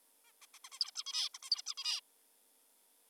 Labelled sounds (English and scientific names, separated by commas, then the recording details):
Zebra Finch (Taeniopygia guttata)
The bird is an adult
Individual g19o3U